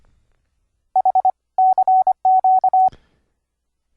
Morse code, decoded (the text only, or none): H CQ